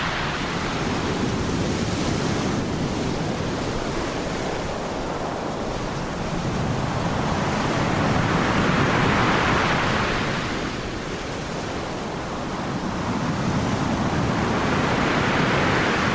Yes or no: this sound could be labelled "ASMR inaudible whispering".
no